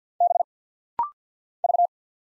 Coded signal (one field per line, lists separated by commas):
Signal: Morse code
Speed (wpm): 50 wpm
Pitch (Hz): 700 Hz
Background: none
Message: B V